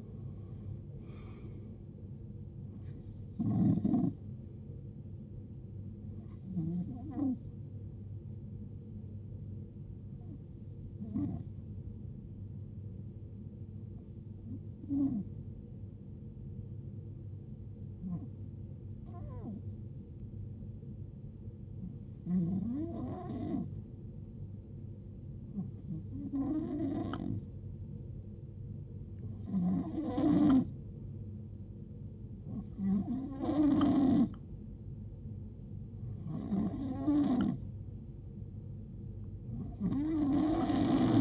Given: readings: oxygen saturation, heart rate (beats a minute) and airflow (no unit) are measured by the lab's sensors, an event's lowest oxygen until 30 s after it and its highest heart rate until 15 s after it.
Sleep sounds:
breathing in sleep by a smartphone at the bedside; 1
12.00-30.80 s: hypopnea (N2, oxygen 93% highest, then 88% lowest, heart rate 56 at the start, 74 highest)
From the record:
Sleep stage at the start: N2 (light sleep); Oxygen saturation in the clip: 84 to 93%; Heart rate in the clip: 56 to 82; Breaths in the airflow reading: 11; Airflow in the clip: -17.0 to 12.7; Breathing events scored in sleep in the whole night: 389 in 6.3 hours asleep

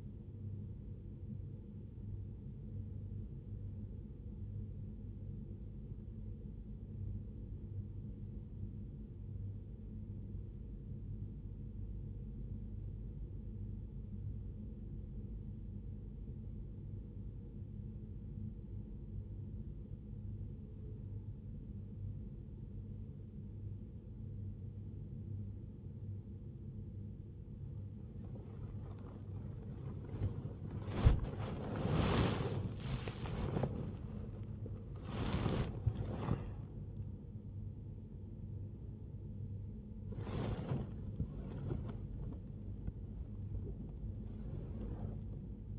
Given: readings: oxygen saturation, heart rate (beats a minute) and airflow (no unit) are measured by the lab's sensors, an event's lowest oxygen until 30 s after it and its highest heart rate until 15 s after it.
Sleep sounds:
a person awake in a sleep study, by a smartphone at the bedside; 1
9.00-32.20 s: hypopnea (N2, oxygen 95% highest, then 95% lowest, heart rate 59 at the start, 83 highest)
18.00-45.79 s: new sleep stage, awake
20.00-45.79 s: awake
From the record:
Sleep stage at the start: N2 (light sleep); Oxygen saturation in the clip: 95%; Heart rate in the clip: 59 to 81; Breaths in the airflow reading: 13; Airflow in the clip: -1.7 to 0.8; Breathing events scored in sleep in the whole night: 101 in 7.3 hours asleep

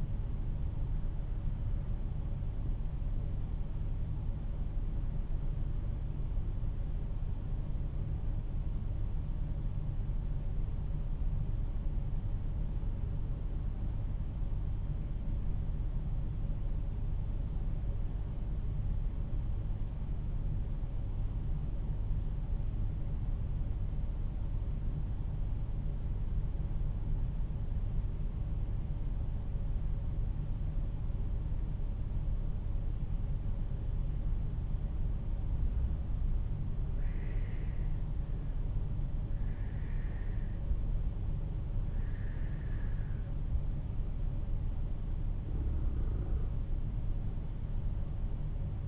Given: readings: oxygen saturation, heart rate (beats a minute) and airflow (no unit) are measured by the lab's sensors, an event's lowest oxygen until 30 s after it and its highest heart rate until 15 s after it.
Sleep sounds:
breathing in sleep by a smartphone at the bedside; 1
7.00-37.00 s: hypopnea (N1, oxygen 95% highest, then 88% lowest, heart rate 53 at the start, 60 highest)
From the record:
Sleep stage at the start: N1 (lightest sleep); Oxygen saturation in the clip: 89 to 95%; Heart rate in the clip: 47 to 60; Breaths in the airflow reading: 4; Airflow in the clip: -7.1 to 11.6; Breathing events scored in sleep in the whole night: 388 in 6.5 hours asleep

